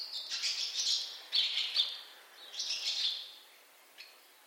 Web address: cianscape birddata Deverinetal 2025 Bird Only Hi Ru